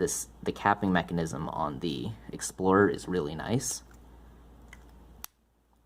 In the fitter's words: It has a nice click, and you sort of get some pressure as you snap it in.